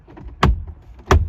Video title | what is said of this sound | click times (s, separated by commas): 2015+ Subaru WRX - Interior Refresh: Ep. 5 - Piano Black Vent Replacements - | should hear it click it takes a little bit of force to get it to lock down | 0.4 s, 1.1 s